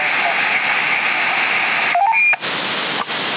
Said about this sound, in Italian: c'hai un bip fenomenale, la radio è uno, a malapena ascoltabile, c'è uno, ecco, sì, adesso c'è, non è eccezionale come modulazione, è tutta TTC, tutta non limpida, però funziona.